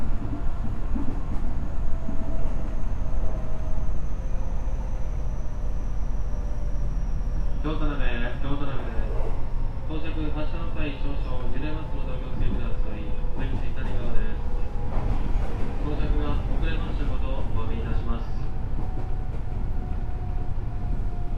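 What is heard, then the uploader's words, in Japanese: Inside a rapid train on the Gakkentoshi Line, a steady low rumble runs through the whole recording, with a thin motor whine slowly falling in pitch. From about eight to eighteen seconds, a voice speaks in short bursts over the noise. JR西日本207系電車 学研都市線快速 京橋から木津まで。西日本旅客鉄道207系電車の走行音。学研都市線の快速列車で録音しました。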